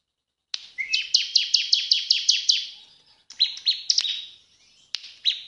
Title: Masteran Ciblek Gacor Vs Kenari Gacor Untuk Masteran Semua Jenis Burung. Masteran ciblek full nembak. Burung Ciblek